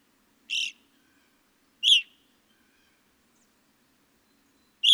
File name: Evening Grosbeak